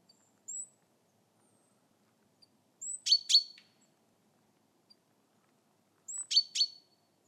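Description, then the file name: Great tit call, a short high thin note leading into two rasping buzzy notes, given twice with a long pause between, plus a lone faint thin note early on. "Parus major"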